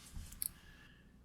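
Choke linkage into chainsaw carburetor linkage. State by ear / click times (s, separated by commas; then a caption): seated / 0.3 s, 0.5 s. A plastic choke linkage on a Husqvarna 334T chainsaw is pressed back into its snap-fit socket on the carburetor linkage during carburetor reassembly in a tune-up. A soft click at 0.3 s is followed by a sharper, louder snap at 0.5 s. The choke linkage snaps back in and is seated.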